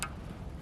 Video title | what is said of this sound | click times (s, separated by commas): ARCHERY NEWB BUILDS GAMING CHAIR - #greenarrow #legolas #vlog | So once you hear the click, it's on. | 0.0 s